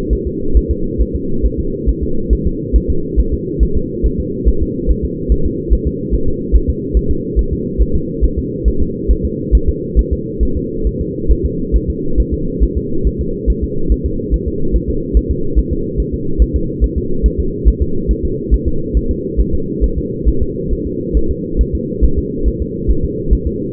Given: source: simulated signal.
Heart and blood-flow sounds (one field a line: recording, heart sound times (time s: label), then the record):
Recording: fetal heart sounds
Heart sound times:
0.13 s: S1
0.27 s: S2
0.57 s: S1
0.71 s: S2
1.02 s: S1
1.16 s: S2
1.46 s: S1
1.59 s: S2
1.89 s: S1
2.03 s: S2
2.33 s: S1
2.47 s: S2
2.76 s: S1
2.90 s: S2
3.20 s: S1
3.34 s: S2
3.63 s: S1
3.77 s: S2
4.06 s: S1
4.20 s: S2
4.48 s: S1
4.62 s: S2
4.91 s: S1
5.05 s: S2
5.32 s: S1
5.46 s: S2
5.73 s: S1
5.87 s: S2
6.14 s: S1
6.28 s: S2
6.56 s: S1
6.70 s: S2
6.97 s: S1
7.11 s: S2
7.39 s: S1
7.53 s: S2
7.81 s: S1
7.95 s: S2
8.24 s: S1
8.38 s: S2
8.68 s: S1
8.82 s: S2
9.11 s: S1
9.25 s: S2
9.55 s: S1
9.69 s: S2
9.99 s: S1
10.13 s: S2
10.43 s: S1
10.57 s: S2
10.87 s: S1
11.01 s: S2
11.31 s: S1
11.45 s: S2
11.76 s: S1
11.90 s: S2
12.20 s: S1
12.34 s: S2
12.63 s: S1
12.77 s: S2
13.07 s: S1
13.21 s: S2
13.50 s: S1
13.64 s: S2
13.92 s: S1
14.06 s: S2
14.34 s: S1
14.48 s: S2
14.76 s: S1
14.90 s: S2
15.17 s: S1
15.31 s: S2
15.59 s: S1
15.73 s: S2
16.00 s: S1
16.14 s: S2
16.42 s: S1
16.56 s: S2
16.84 s: S1
16.98 s: S2
17.26 s: S1
17.40 s: S2
17.68 s: S1
17.82 s: S2
18.11 s: S1
18.25 s: S2
18.54 s: S1
18.68 s: S2
18.97 s: S1
19.11 s: S2
19.40 s: S1
19.54 s: S2
19.84 s: S1
19.98 s: S2
20.28 s: S1
20.42 s: S2
20.73 s: S1
20.87 s: S2
21.17 s: S1
21.31 s: S2
21.61 s: S1
21.75 s: S2
22.04 s: S1
22.18 s: S2
22.48 s: S1
22.62 s: S2
22.91 s: S1
23.05 s: S2
23.33 s: S1
23.47 s: S2
From the record:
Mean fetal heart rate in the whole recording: 140 bpm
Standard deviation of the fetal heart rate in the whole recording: 2 bpm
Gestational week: 34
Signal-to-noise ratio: -8.1 dB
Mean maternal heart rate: 72 bpm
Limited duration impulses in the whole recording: present